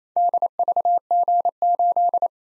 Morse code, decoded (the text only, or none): DVG8